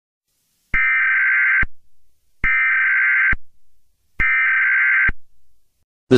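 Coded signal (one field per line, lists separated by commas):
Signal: Emergency Alert System (SAME) tones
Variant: header bursts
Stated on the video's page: Fictional EAS scenario series.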